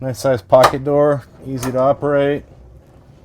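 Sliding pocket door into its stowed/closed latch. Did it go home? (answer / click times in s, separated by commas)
no / none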